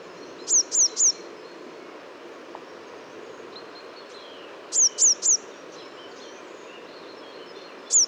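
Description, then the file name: Great tit giving high, thin falling notes in bursts of three, spaced by several seconds, then a single note, against steady rushing background noise. "Parus major"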